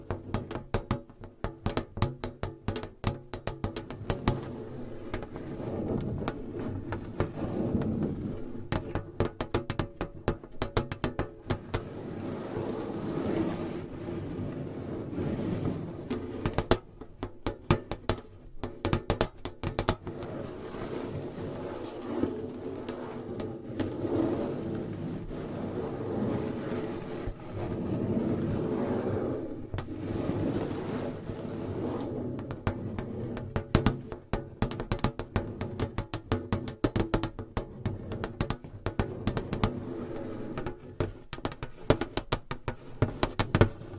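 Long nails tap and scratch on hollow boxes, a dense, continuous patter of quick clicks with a resonant, woody middle tone. The tapping comes in faster, sharper flurries near the start, around seventeen seconds and through the final stretch, softening into smoother scratching between.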